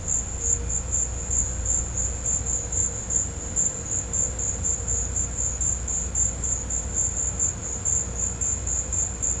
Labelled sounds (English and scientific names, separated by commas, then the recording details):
none
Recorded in pastures near Puerto Asís, Putumayo, Colombia, on 16 December 2024 at 16:00
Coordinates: 0.502, -76.324
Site G077